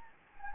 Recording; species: mosquito wingbeat signal from an infrared sensor; Anopheles gambiae